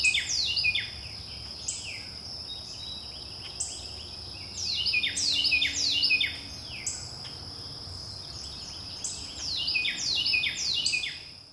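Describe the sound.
Wren singing bright, rolling series of falling high notes in bouts, separated by quieter gaps.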